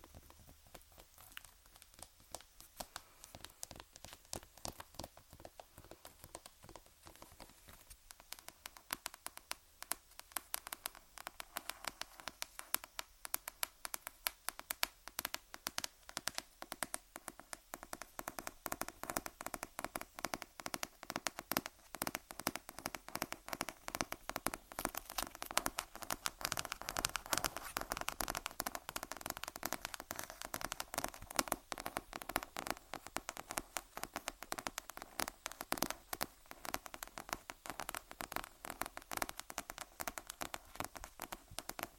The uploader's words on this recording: ASMR Tapping On Random Objects. (Long Nails).